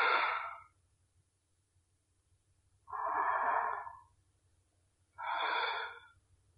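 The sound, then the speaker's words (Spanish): Labored, heavy breathing of a very old, apparently dying man lying in a large bed: three slow, drawn-out rasping breaths separated by long pauses, heard alone over a faint low hum. “Al escuchar una respiración detrás de él, gira la cabeza y entorna los ojos para ver mejor.”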